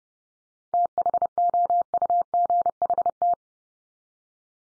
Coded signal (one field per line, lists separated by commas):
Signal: Morse code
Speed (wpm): 30 wpm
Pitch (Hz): 700 Hz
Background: none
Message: THOUGHT